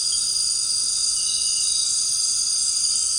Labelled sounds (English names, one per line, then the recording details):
none
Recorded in dense forest near Puerto Asís, Putumayo, Colombia, on 8 March 2025 at 18:30
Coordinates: 0.467, -76.328
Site G041